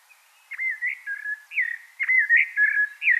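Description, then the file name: Common blackbird delivering short mellow whistled notes in quick succession, each slurring down or up, forming a lively warbled phrase. "Turdus merula"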